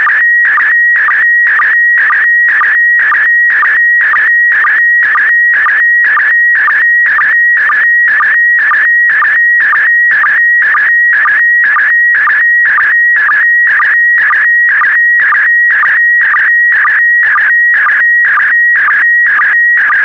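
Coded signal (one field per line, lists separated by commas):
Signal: SSTV (slow-scan television)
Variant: PD120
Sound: warbling high tone with a steady whistle and regular short low chirps, twice per second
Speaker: transmission complete you can now check your decoded image against the picture that is shown on the video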